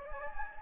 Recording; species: mosquito wingbeat signal from an infrared sensor; Anopheles gambiae